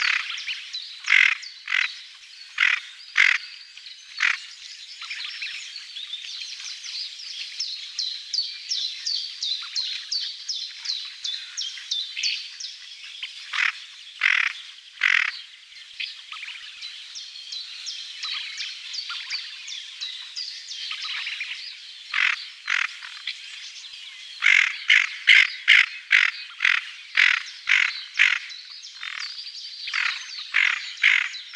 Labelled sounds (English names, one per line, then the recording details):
Tufted Duck
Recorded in the wild
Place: NSG Taubergießen / Reg.-Präs. Freiburg im Breisgau, Baden-Württemberg, DE
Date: 1978-04-30
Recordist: Schwarz, Dieter